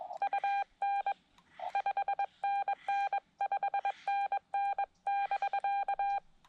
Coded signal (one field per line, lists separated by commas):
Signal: Morse code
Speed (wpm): 21 wpm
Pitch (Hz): 800 Hz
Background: none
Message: UN 5NN 5NN <BK>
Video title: Xiegu X5105 – What Happened To Its Built-In CW Keyer?